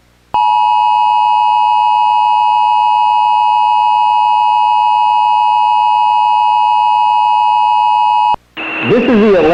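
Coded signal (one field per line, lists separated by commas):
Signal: Emergency Alert System (SAME) tones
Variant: 853 and 960 Hz attention tone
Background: speech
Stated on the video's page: Fictional mock alert made with cable-system alert screens without Adobe software.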